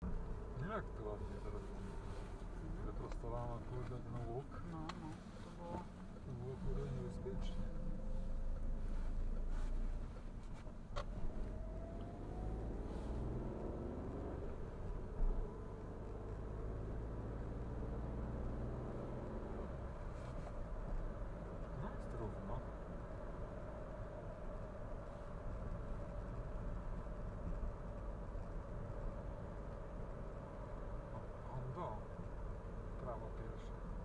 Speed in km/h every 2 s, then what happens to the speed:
40, 33, 24, 19, 21, 22, 29, 39, 44, 51, 54, 56, 56, 54, 52, 52, 51.
0-5 brakes to 19. 7-19 speeds up to 54. 19-24 steady at about 56.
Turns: 5-8.